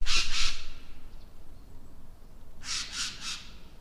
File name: Garrulus glandarius